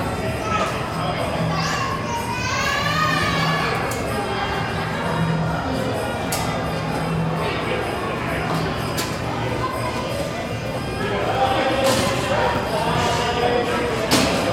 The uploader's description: Buried beneath Manhattan, the echoes of hundreds of passengers mingle with subway cars and a group of four men